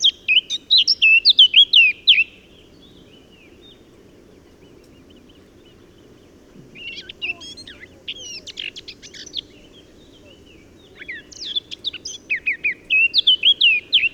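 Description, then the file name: Eurasian blackcap song, three bursts: a fluting whistled phrase, then a pause, a chattering scratchy warble, and another rich whistled phrase after a gap. "Sylvia atricapilla"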